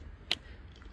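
A steering wheel trim cover piece, lined up on the steering wheel, is pushed down and snaps in with one sharp, bright click at 0.3 s. Fainter soft ticks follow near 0.8 s, and the piece is seated.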